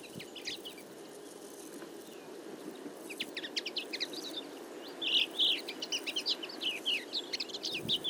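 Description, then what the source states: Common Linnet twittering, scattered soft chirps that thicken into a lively overlapping chatter in the second half, with a low background rumble. Flock of about fifty feeding in a field in late summer; calls, take-offs and autumn babbling song; recorded for an hour with a mono parabolic single-microphone dish.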